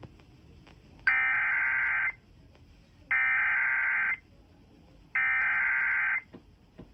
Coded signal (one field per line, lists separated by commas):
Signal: Emergency Alert System (SAME) tones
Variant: header bursts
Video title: EAS #1964 Severe Thunderstorm Warning on WZSR 9-25-22